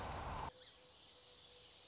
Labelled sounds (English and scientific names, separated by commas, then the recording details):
Song Sparrow (Melospiza melodia)
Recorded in Sonoma County, California